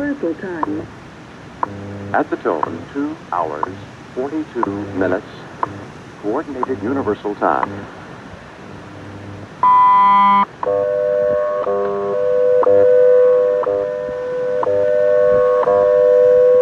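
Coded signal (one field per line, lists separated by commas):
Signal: radio time signal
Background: speech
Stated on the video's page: WWV and WWVH time signals received on about 10 MHz shortwave in San Francisco, California.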